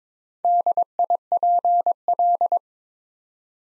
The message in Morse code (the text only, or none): DIPL